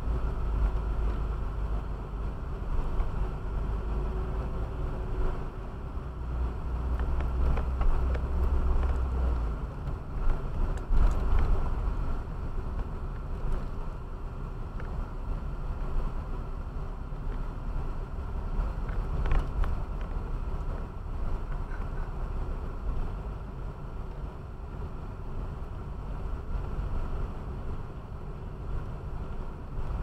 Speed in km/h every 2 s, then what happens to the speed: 22, 21, 24, 25, 26, 23, 19, 20, 21, 20, 19, 19, 18, 18, 19.
0-8 steady at about 24. 8-12 slows to 19. 12-30 steady at about 19.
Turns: none.